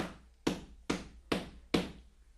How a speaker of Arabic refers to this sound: تاني يوم في الليل لقيت الباب عمال يخبط.